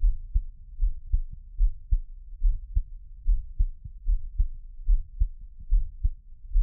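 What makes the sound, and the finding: Heart, close-miked. Normal heartbeat.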